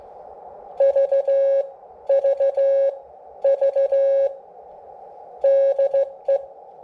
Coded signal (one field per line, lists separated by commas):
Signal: Morse code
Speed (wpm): 15 wpm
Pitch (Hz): 550 Hz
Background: none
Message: VVV DE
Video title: Xiegu G106 CW Transmit Demo